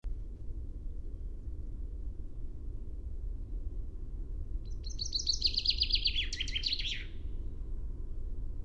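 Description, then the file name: Common chaffinch singing once after a quiet stretch, a bright accelerating trill that descends and closes with a short terminal flourish, against constant low background rumble. "Fringilla coelebs"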